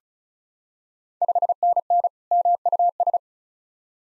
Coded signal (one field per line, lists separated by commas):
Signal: Morse code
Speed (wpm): 36 wpm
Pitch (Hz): 700 Hz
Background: none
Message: 5NN MUS